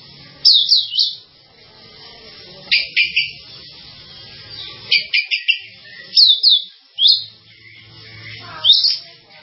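Bird calls, thin high chirps and brief stuttering note groups at intervals of a second or two, against a quiet hum.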